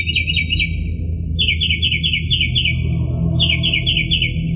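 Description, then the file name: Northern mockingbird song: a quick chirping burst, a brief gap, then evenly repeated slurred notes in two runs, with a low hum in the background. "kicauan-burung-northern-mockingbird -omkicau"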